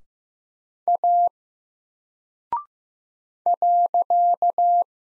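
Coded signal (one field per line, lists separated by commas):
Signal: Morse code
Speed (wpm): 15 wpm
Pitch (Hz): 700 Hz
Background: none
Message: A .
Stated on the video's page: Single-character Morse practice at 15 wpm covering letters, numbers, punctuation and prosigns; each is sent, spoken, then sent again for head copy.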